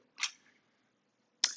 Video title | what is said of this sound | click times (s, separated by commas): 2016+ Mazda CX-9 5-dr SUV with Thule Evo Clamp + WingBar Evo Roof Rack Crossbars | okay then lastly we've got a cover here that we put back into place just snaps into place | 1.4 s